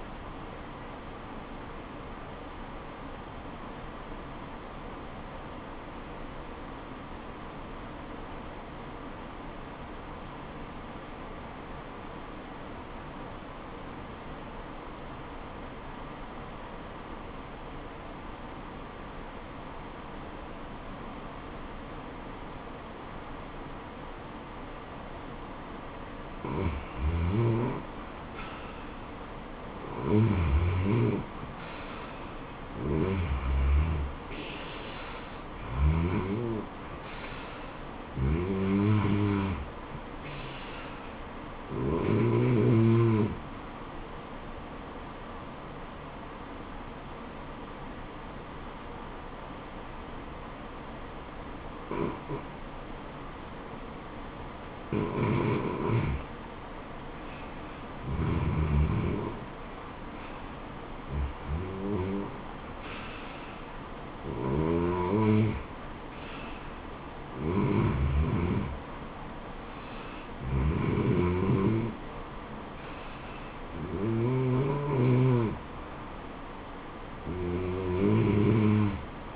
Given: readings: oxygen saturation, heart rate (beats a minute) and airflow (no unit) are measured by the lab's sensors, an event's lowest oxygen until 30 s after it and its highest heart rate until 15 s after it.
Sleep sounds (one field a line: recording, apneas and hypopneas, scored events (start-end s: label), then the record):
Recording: breathing in sleep by a voice recorder at the bedside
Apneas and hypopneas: 1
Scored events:
5.00-28.40 s: obstructive apnea (N1, oxygen 97% highest, then 85% lowest, heart rate 80 at the start, 80 highest)
48.00-79.36 s: new sleep stage, REM sleep
From the record:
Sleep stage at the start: N1 (lightest sleep)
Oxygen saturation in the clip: 85 to 97%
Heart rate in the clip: 69 to 82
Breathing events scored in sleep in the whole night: 426 in 7.4 hours asleep